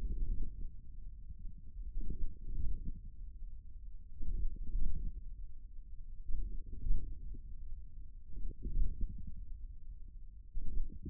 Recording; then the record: forearm muscle sounds (acoustic myography)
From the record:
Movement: hand closing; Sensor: system 1, eight BSWA MPA416 microphones around the upper forearm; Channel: 8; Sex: male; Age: 41 years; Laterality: right